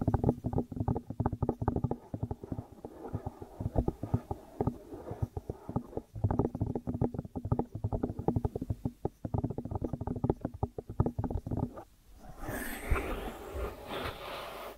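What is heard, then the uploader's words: ASMR ear treatment sounds: dense, muffled squishing and crackling with rapid irregular clicks, low and rumbly like gurgling, over a faint steady hum. Around twelve seconds it shifts to a brighter, airy rustling hiss that continues to the end. ASMR 3D Brain Penetrating Ear Treatment.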